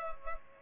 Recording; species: mosquito wingbeat signal from an infrared sensor; Culex pipiens